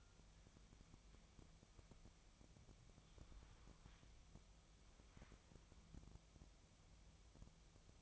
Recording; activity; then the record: daily activity, microphone in the room; wipe stove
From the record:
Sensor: 1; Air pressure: 1004.8 hPa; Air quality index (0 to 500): 79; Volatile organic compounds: 2 ppm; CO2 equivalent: 1057 ppm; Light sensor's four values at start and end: 9/23/9/10 and 9/23/9/10